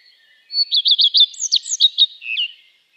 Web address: Schulze Peter Common Redstart song